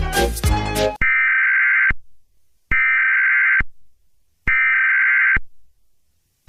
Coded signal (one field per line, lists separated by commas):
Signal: Emergency Alert System (SAME) tones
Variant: header bursts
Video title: eas scenario catemojibabyheat part 13 happy halloween